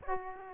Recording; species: mosquito wingbeat signal from an infrared sensor; Aedes aegypti